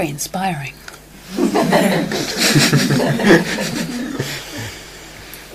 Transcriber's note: laughter